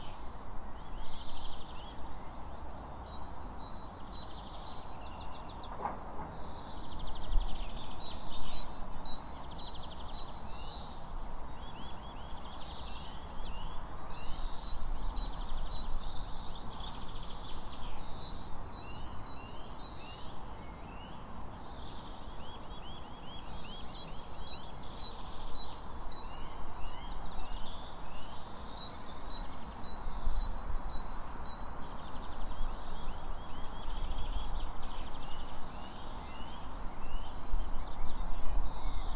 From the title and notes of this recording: Farnley/Wortley: Farnley Park.